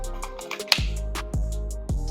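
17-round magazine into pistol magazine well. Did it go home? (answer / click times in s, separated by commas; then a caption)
yes / 0.7 s. A metal 17-round magazine is pushed into the magazine well in the grip of a Tisas 1911 B9r Duty DS pistol over background music. A few light taps lead to one sharp, loud click at 0.7 s as the magazine catches and locks, leaving it seated while sticking out slightly, which is judged acceptable.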